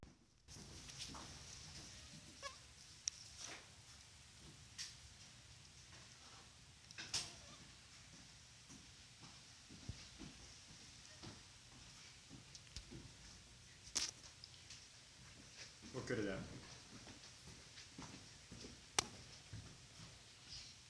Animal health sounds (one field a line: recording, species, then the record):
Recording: mosquito flight sound by mobile phone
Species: Culex pipiens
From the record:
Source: SanMateoVCD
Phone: Sony Xperia